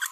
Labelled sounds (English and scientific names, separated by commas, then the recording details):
Green-rumped Parrotlet (Forpus passerinus) babbling
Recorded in a nest box in Venezuela
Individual 18B25A3